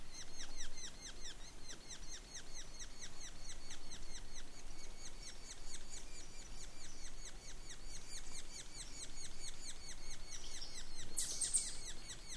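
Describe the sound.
Sapsucker giving dense, chattering series of short harsh down-slurred notes, many per second and nearly unbroken, with a brief high scratchy sound near the end and low rumble beneath.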